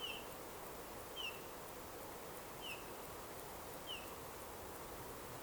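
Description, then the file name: Eurasian bullfinch calls: four soft, short, downslurred whistles at irregular intervals over steady background hiss. "Pyrrhula pyrrhula"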